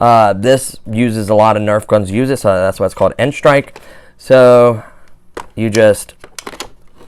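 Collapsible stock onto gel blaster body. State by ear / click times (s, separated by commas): seated / 6.4 s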